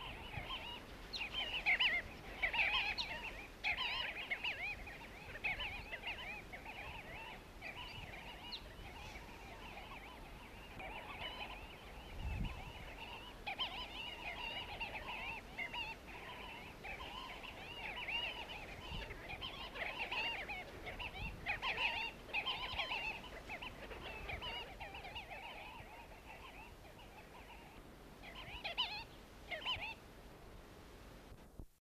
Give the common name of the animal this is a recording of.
Namaqua Sandgrouse